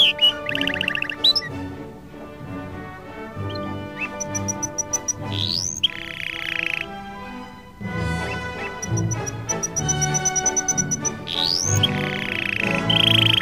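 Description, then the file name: Canary song in short bursts, quick rising sweeps and brief trills separated by pauses, over prominent background music with low, steady tones. Canary song mixed with music. "suara kenari dan musik"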